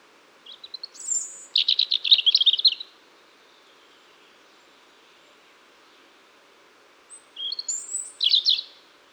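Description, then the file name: European robin song, two high warbling phrases with rapid trills, the first around one to three seconds, the second near seven to nine seconds, separated by silence. "Erithacus rubecula"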